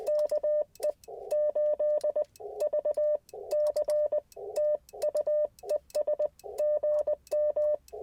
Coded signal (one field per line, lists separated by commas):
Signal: Morse code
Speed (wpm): 20 wpm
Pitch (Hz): 600 Hz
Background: none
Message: KE8VC TU ES GM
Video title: Morning Morse Code - 2/19/24